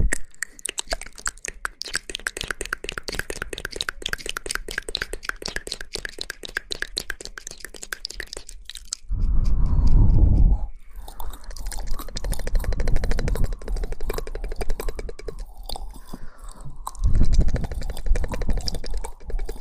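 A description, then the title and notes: Mouth sounds: for the first nine seconds, a dense, fast stream of wet clicks and crackles like steady chewing. After that come heavier, lower gulping bursts around ten and seventeen seconds, with sparser smacks and a wavering, voice-like murmur between them. Mouth Sounds.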